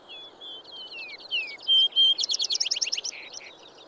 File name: Vesper Sparrow